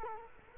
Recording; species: mosquito wingbeat signal from an infrared sensor; Culex quinquefasciatus